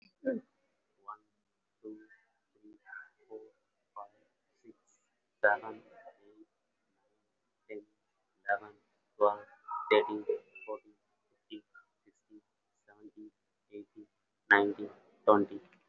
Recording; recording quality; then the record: counting at a normal pace; excellent, no background noise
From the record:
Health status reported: recovered from COVID-19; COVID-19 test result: positive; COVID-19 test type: RT-PCR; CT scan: taken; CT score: 0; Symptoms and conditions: cough, asthma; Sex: male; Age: 18 years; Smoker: no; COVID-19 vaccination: none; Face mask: worn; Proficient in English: yes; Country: India